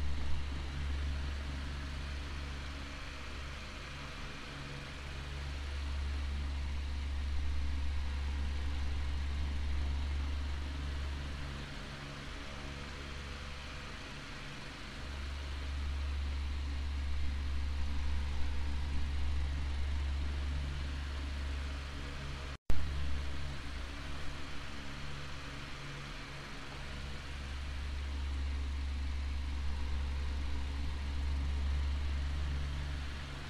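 A fan runs steadily with a deep motor hum, its low drone swelling and fading in slow waves every eight to ten seconds as it sweeps back and forth. A soft airy hiss sits above it, and a brief click breaks in around twenty-two seconds.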